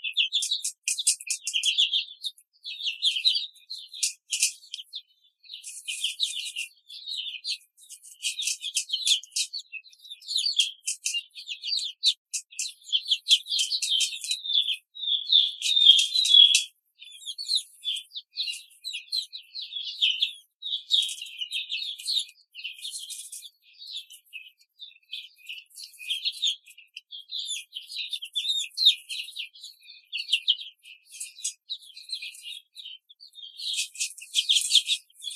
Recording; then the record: young laying hens in a cage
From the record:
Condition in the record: control cage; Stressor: none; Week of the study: 5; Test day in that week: 1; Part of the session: 1